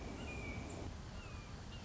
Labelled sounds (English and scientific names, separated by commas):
Red-shouldered Hawk (Buteo lineatus)